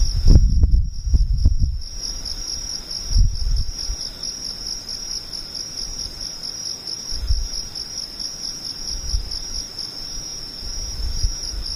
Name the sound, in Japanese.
ムシ